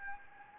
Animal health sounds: mosquito wingbeat signal from an infrared sensor; Anopheles gambiae

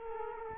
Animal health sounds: mosquito wingbeat signal from an infrared sensor; Culex quinquefasciatus

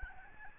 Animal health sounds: mosquito wingbeat signal from an infrared sensor; Aedes albopictus

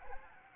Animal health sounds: mosquito wingbeat signal from an infrared sensor; Anopheles gambiae

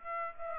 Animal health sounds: mosquito wingbeat signal from an infrared sensor; Aedes aegypti

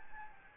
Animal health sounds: mosquito wingbeat signal from an infrared sensor; Anopheles gambiae

